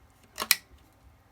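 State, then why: Seated. A plastic attachment tool for a Dyson V6 (DC59) Animal cordless vacuum is pushed onto the end of the wand or the handheld unit. A short scraping rattle around 0.4 s leads into a sharp click at 0.5 s as the tool clicks into place and seats.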